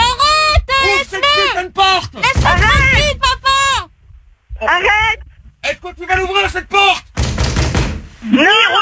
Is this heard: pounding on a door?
yes